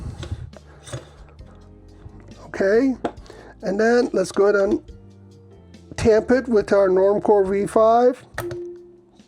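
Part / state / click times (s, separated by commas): spring-loaded tamper pressed onto coffee in a portafilter basket / torque reached / 8.4 s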